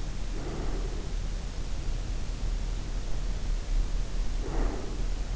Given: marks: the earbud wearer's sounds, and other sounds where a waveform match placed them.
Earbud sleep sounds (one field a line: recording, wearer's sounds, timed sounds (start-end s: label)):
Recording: sounds in sleep by an in-ear microphone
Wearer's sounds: breath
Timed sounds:
0.15-1.48 s: breath
3.96-5.23 s: breath